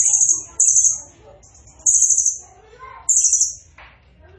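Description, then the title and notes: Blue-crowned hanging parrot: piercing high trilled bursts repeated four times, each fading off, with quieter lower twittering between them. Vigorously calling bird; recording is used as a masteran lure and training sound for other songbirds. "Burung Serindit Nembak Gacor Bikin Emosi Semua Burung. Suara Nasteran Dan Pemikat Burung Serinditan Gacor"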